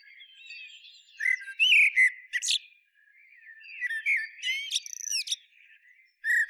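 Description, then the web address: Common blackbird singing, low whistled warbling phrases ending in thin, scratchy high twitters, two full phrases and the start of a third. "SETE Turdus merula"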